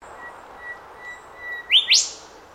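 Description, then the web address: Bird call: two quick, sharply rising upswept notes close together near the end, over a faint, steady high-pitched tone. Australian bird call, species unknown. "Sound Effects-Foundation 1 BIRD AUSTRALIAN UNKNOWN CALL 01"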